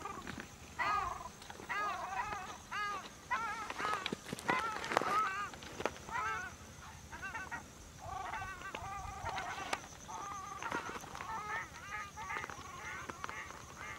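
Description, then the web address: Crested shelduck calls: harsh, nasal honking notes in quick bursts, several birds calling over one another, with a steady background hiss. "sound Crested-shelduck. صدای-پرنده-تنجه-کاکلی"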